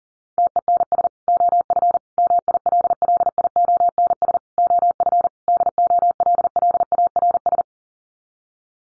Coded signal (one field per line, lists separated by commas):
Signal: Morse code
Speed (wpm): 40 wpm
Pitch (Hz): 700 Hz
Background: none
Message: TENS OF MILLIONS OF DOLLARS